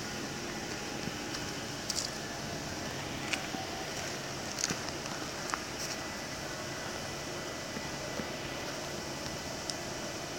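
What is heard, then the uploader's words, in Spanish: Dawn at NIRD Hyderabad brings a steady, dense hum of traffic and machinery that holds constant throughout. Short bright chirps or clicks break through now and then, near two, three, four and a half, five and a half and nine and a half seconds. Amanecer en el NIRD Hyderabad. Hyderabad - India.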